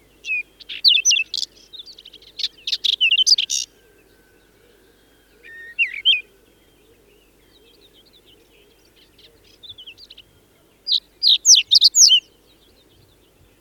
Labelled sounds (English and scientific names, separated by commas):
Whinchat (Saxicola rubetra) song